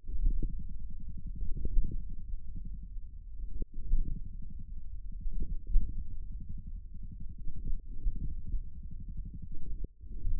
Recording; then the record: forearm muscle sounds (acoustic myography)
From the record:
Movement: hand closing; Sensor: system 1, eight BSWA MPA416 microphones around the upper forearm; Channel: 8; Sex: male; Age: 41 years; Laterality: right